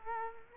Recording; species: mosquito wingbeat signal from an infrared sensor; Culex quinquefasciatus